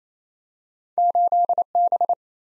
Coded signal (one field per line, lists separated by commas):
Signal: Morse code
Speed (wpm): 28 wpm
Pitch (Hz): 700 Hz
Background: none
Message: 8B